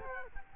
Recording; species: mosquito wingbeat signal from an infrared sensor; Culex quinquefasciatus